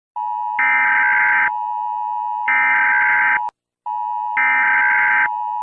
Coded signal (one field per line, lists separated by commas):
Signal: Emergency Alert System (SAME) tones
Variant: header bursts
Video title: Malaysia EAS Alarm (Tsunami) (Read Desc)